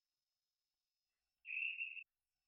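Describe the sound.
Hourglass treefrog call: one buzzy, pulsed note lasting about half a second, set in near silence with a faint steady high tone behind it.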